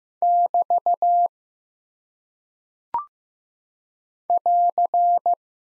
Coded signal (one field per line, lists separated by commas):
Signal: Morse code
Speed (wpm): 15 wpm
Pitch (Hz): 700 Hz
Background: none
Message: <BT> <AR>